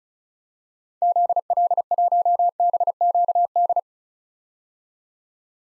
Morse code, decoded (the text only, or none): ZL1BQD